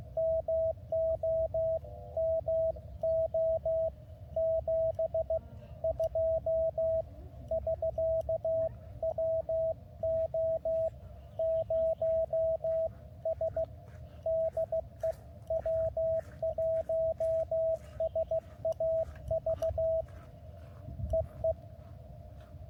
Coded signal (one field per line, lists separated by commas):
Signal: Morse code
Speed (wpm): 16 wpm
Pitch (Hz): 650 Hz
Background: radio noise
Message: MO MO 7 2 <SK>WO 0 S DE W1SAV EE